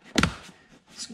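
A small plastic trim piece near the seat belt area of a C7 Corvette Coupe is pushed into its clips on the car's interior panel. Two sharp snaps are heard at 0.2 s and 0.2 s, and the piece is seated in place.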